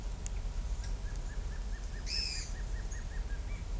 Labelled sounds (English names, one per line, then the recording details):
Black-crested Antshrike
Pale-eyed Pygmy Tyrant
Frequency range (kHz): Black-crested Antshrike 1.4-2.4 kHz; Pale-eyed Pygmy Tyrant 1.8-8.5 kHz
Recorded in shrubland near Pivijay, Magdalena, Colombia, on 3 June 2023 at 12:30
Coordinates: 10.453, -74.365
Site P5-G022